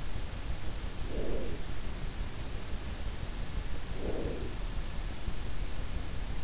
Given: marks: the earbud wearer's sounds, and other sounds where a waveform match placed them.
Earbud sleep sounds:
sounds in sleep by an in-ear microphone; breath
0.89-1.85 s: breath
3.81-4.79 s: breath

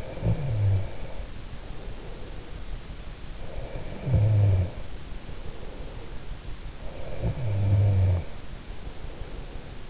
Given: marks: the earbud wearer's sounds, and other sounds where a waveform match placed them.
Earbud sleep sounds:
sounds in sleep by an in-ear microphone; breath, snoring breath
0.00-2.84 s: breath
3.74-6.26 s: snoring breath
7.23-9.69 s: snoring breath

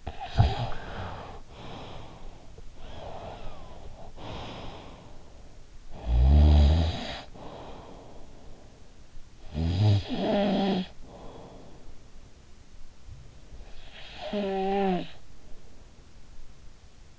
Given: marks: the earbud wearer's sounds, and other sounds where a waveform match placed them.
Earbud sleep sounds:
sounds in sleep by an in-ear microphone; breath, snoring breath
0.07-2.68 s: breath
2.68-15.71 s: snoring breath

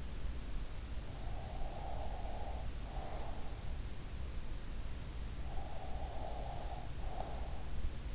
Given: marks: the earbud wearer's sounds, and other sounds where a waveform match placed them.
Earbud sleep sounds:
sounds in sleep by an in-ear microphone; breath
0.86-3.75 s: breath
5.35-8.15 s: breath

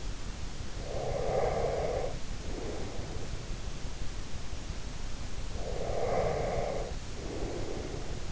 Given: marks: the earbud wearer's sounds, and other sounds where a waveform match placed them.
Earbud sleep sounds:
sounds in sleep by an in-ear microphone; breath
0.80-3.46 s: breath
5.55-8.32 s: breath

